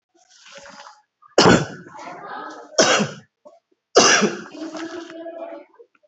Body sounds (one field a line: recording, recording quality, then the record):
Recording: shallow voluntary cough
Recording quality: moderate, slight background noise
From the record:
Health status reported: COVID-19 positive, mild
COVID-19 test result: positive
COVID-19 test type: RT-PCR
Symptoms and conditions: cough, cold, fever, fatigue, loss of smell and taste, hypertension, diabetes, another condition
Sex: male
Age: 56 years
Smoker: no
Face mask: not worn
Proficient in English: yes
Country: India